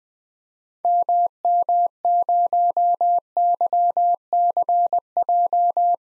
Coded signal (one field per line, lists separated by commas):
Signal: Morse code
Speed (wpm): 20 wpm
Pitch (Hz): 700 Hz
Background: none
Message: MM0YCJ